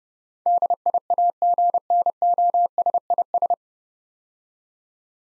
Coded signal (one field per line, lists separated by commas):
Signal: Morse code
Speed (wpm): 30 wpm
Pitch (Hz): 700 Hz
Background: none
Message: DIAGNOSIS